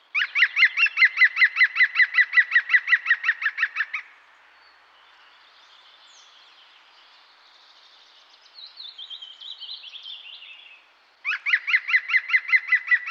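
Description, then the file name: European Green Woodpecker laughing call, a fast ringing series of about twenty even notes, then a pause with fainter higher calls, then the series starts again. "Pic vert"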